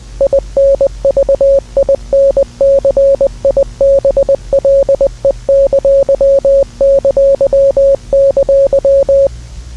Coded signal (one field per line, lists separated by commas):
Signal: Morse code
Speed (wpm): 20 wpm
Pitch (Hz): 550 Hz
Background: none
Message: INVINCIBLE!!!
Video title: EAS Scenario: Invincible Worldwide | Invincible War